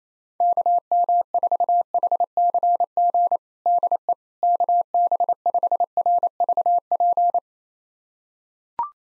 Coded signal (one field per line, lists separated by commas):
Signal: Morse code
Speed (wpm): 28 wpm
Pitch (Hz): 700 Hz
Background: none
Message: KM4HCG DE KB5RVP